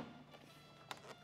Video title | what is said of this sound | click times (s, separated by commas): 4Runner Lifestyle Stealth Tail Lights Install | make sure everything fits right and then it should click | 0.9 s